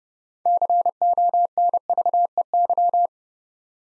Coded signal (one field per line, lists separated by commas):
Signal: Morse code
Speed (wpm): 30 wpm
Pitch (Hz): 700 Hz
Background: none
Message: CONVEY